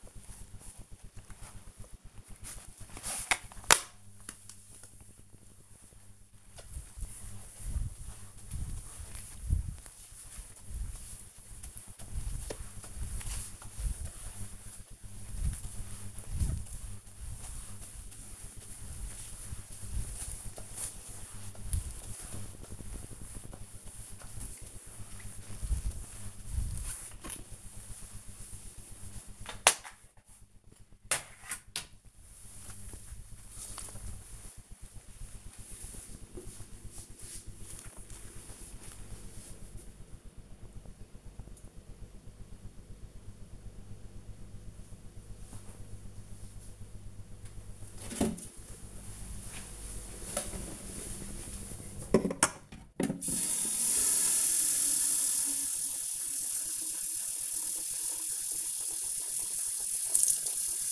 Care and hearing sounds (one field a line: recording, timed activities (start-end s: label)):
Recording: household activities, microphone on the right wrist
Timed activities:
0.00-33.50 s: floor cleaning
46.56-60.92 s: watering plant